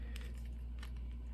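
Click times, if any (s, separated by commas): none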